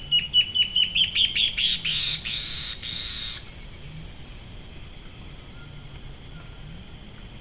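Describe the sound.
Bird delivering a fast series of high, clipped notes that quicken into a harsh buzz, then stops, leaving soft background hiss.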